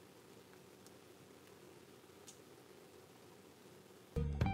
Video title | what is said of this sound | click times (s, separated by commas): HOW TO DEVELOP 35MM FILM IN THE LAB-BOX | until we hear a click so I'm gonna shut up so you can hear the click okay | 4.4 s